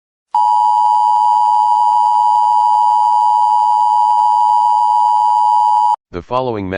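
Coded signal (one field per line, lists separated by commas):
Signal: Emergency Alert System (SAME) tones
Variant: 853 and 960 Hz attention tone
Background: speech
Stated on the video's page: Valid EAS tones used in a fictional permanent solar eclipse scenario.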